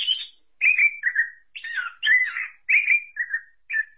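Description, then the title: Thrush singing varied whistled and slurred phrases, some falling, some warbled, delivered in quick bursts with short pauses between them. "burung anis x"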